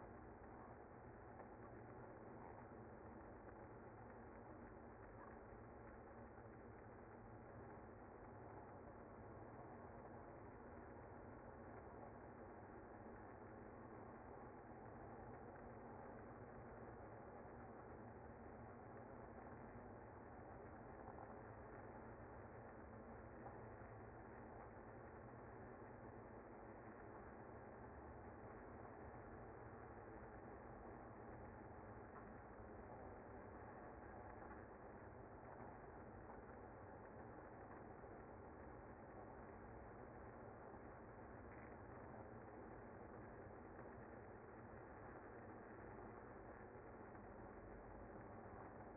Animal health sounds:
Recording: honeybee colony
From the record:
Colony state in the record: active

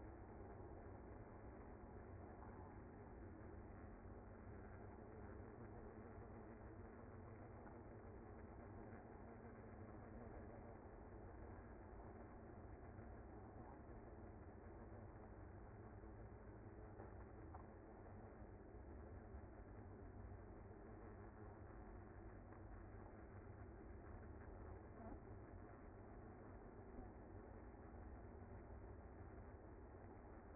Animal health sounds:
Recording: honeybee colony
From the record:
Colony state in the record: active

